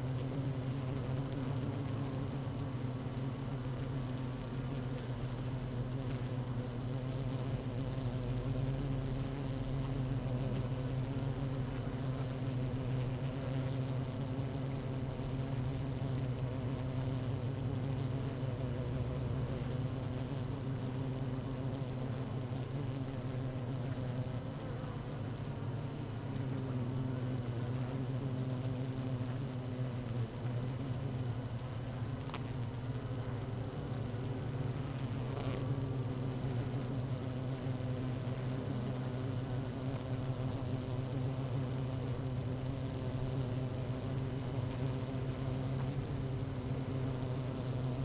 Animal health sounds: honeybee colony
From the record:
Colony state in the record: active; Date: 12 June 2018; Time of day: 17:01

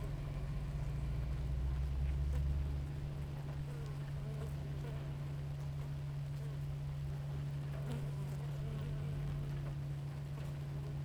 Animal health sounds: honeybee colony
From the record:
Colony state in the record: active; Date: 28 July 2017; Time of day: 6:25

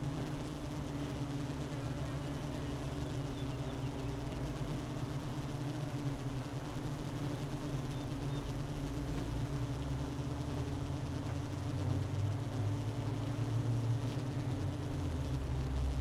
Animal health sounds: honeybee colony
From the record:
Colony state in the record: missing queen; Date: 31 May 2018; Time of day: 11:47

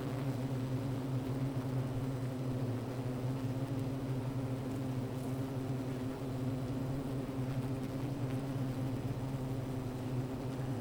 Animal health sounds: honeybee colony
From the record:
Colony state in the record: missing queen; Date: 14 July 2017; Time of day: 15:24

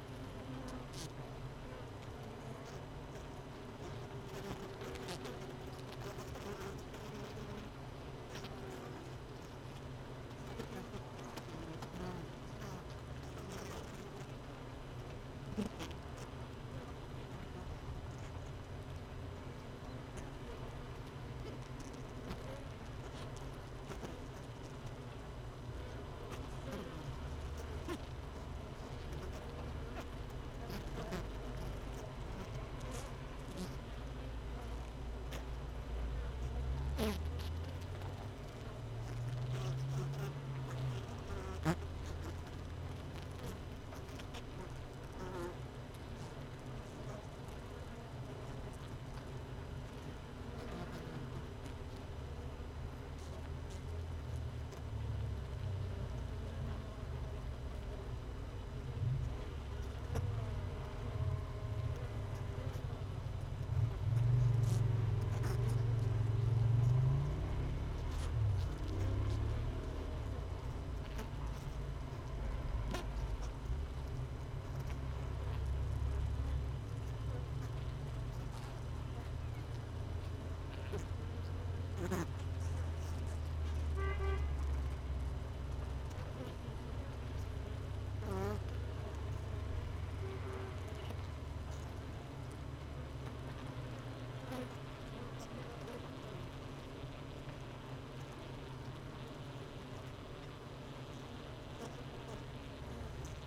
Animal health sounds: honeybee colony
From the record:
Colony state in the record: missing queen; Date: 31 May 2018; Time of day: 17:02

